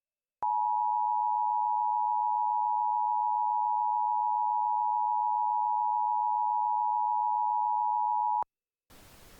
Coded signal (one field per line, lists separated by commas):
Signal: Emergency Alert System (SAME) tones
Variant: 853 and 960 Hz attention tone